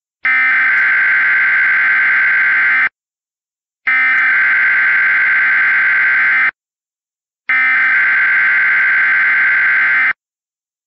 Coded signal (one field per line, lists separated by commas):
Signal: Emergency Alert System (SAME) tones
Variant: header bursts